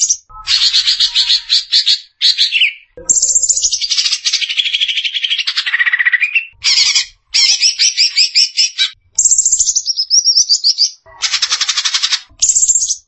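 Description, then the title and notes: Greater green leafbird song, energetic high chatter mixing buzzy rattles, descending slurred notes and quick rising chirps in bursts separated by brief silences. Champion songbird. "Kicau Burung Cucak Ijo Juara. Suara kicauan burung cucak ijo"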